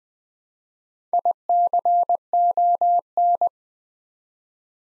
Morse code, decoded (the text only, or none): ICON